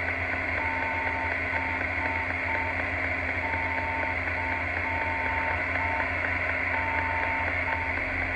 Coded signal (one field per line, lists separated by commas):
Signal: Morse code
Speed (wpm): 5 wpm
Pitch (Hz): 900 Hz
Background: radio noise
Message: BCN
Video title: Amateur Radio Beacon 136khz Lowfer 2200 meters longwave My Movie